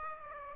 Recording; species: mosquito wingbeat signal from an infrared sensor; Aedes aegypti